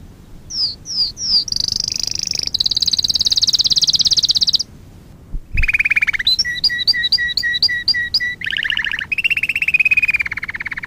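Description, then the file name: Domestic canary song: a few descending whistled notes, then long rapid trills, a brief gap, and repeated bright chirps with rolling trilled phrases. Fife canary. "kenari-fife-v 2-omkicau"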